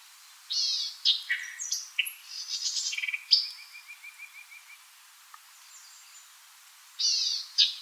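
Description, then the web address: White-eyed vireo song with buzzy slurs and chips, ending in a fast trill of repeated notes, then another phrase begins. Recorded 4 January 2007. "White-eyed Vireo 2007 01 04 White-eyed Vireo"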